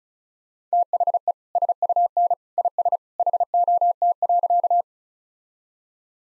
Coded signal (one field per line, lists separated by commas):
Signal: Morse code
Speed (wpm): 36 wpm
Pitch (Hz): 700 Hz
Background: none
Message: THE SUN IS HOT.